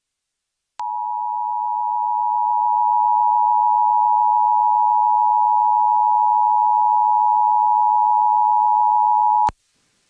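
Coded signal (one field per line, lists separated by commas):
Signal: Emergency Alert System (SAME) tones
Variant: 853 and 960 Hz attention tone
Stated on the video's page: Oregon Required Monthly Test SAME tones on a Portland FM music station, captured via Radio Garden online stream.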